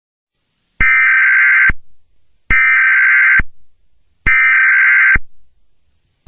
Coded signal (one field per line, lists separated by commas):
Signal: Emergency Alert System (SAME) tones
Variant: header bursts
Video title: EAS Scenario #2: Light's Rampage (Teaser) Disclaimer in descrition.